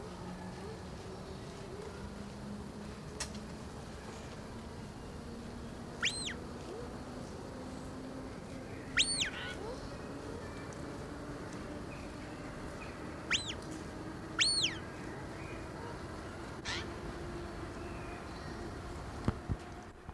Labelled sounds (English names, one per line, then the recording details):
Bare-faced Curassow call
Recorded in captivity
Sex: male
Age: adult
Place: Zoo Berlin, Berlin, DE
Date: 1991-10-10 17:07
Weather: 19°C
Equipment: Nagra SN, Mikrofon AKG CK 8, Kopie Tesla B 116
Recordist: Tembrock, Günter